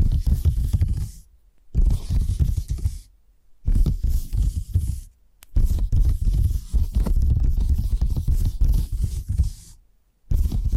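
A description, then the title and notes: Tapping triggers come in bursts of rapid, dense tapping and scratching with a heavy low thud beneath a crisp crackly top. Each burst lasts one to two seconds or more, separated by short full silences around 1.5, 3.3, 5.2 and 10 seconds. ASMR 10 Addictive Tapping Triggers. (No Talking).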